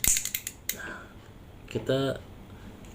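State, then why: Seated. An RJ45 plug holding the wires of a UTP/LAN cable is pressed hard in a ratcheting crimp tool, giving a few quick mechanical clicks before a sharp click at 0.7 s as the plug crimps home. Someone then talks briefly, and the plug is seated.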